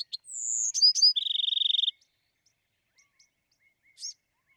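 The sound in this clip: Bewick's wren song with a few high introductory notes, a long falling whistle and a quick mechanical trill, then soft scattered notes.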